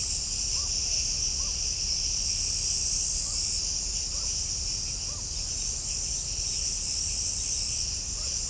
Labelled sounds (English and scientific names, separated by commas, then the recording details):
none
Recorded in shrubland near Pivijay, Magdalena, Colombia, on 5 June 2023 at 01:30
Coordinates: 10.453, -74.365
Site P5-G022